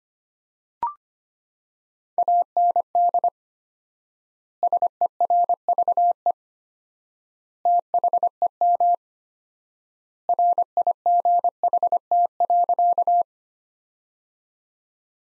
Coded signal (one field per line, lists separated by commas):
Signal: Morse code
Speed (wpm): 25 wpm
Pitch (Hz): 700 Hz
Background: none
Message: AND SERVE THEM RIGHT.